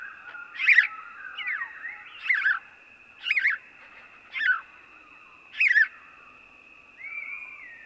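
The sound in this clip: House sparrow song of repeated chirps: about six sharp, slightly descending 'cheep' notes about a second apart, a faint steady whine running underneath.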